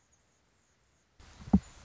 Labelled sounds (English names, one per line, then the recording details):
Anna's Hummingbird
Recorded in Sonoma County, California